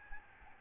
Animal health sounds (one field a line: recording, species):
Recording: mosquito wingbeat signal from an infrared sensor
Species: Aedes albopictus